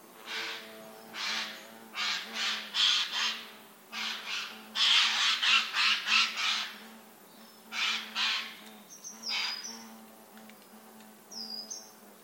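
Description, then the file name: Eurasian jay giving rasping, harsh screeches in irregular bursts, several run close together, with a steady low hum underneath and thin high whistles from another bird near the end. "Garrulus glandarius"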